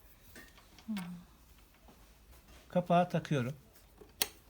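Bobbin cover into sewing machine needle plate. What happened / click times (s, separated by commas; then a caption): Handled, not yet home: plastic cover being fitted, no confirmed seat / none. A plastic bobbin cover is handled at the needle plate of a Bernette b38 sewing machine while someone talks, with a few faint taps and a sharp short tap at about 4.2 s. Nothing has seated or clicked yet.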